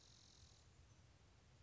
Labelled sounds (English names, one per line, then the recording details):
Spotted Towhee
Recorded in Sonoma County, California